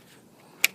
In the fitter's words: So I snap that back into place.